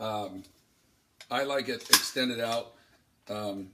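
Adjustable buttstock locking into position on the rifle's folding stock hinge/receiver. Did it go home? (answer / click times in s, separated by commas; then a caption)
no / none. Someone talks while handling the adjustable buttstock on the folding stock hinge/receiver of a SCAR 17 rifle, starting to extend it toward its length-of-pull detents. Only speech is heard; nothing has seated or clicked yet.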